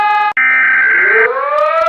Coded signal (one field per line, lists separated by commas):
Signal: Emergency Alert System (SAME) tones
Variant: header bursts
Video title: us brazil eas mock